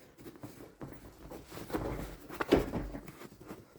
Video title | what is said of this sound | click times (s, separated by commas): Costco Chair Unboxing & Assembly - Step-by-Step Setup Guide (Easy DIY) | When I pushed it firmly with both my hands, there was a click sound. | 2.4 s